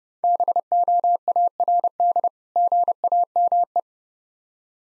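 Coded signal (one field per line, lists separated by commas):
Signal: Morse code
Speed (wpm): 31 wpm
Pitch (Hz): 700 Hz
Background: none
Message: BOARD GAME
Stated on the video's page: Morse code practice drill of difficult words with context hints at 30 wpm.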